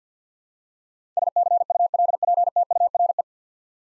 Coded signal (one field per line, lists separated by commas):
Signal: Morse code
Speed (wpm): 45 wpm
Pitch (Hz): 700 Hz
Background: none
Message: SCULPTURE